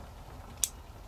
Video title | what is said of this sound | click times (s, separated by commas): New Springfield Armory Hellcat RDP Gun Review | once you get it fully stopped release the lever and then just turn it and you're going to hear an audible click | 0.6 s